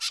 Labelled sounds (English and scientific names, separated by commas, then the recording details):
Brown-throated Parakeet (Eupsittula pertinax) contact call
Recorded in Bonaire
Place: 1 km N of power plant, rd to Republiek
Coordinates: 12.184, -68.285